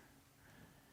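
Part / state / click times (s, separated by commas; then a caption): plastic shin guard plate onto model knight leg / not seated / none. A plastic shin guard armor plate is handled and pressed against the leg of a plastic model knight kit, producing only a faint, steady low-level rustle with no sharp transients. Nothing has seated or clicked yet.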